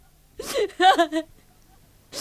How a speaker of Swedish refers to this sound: Gråt inte. De fördömda gråter inte.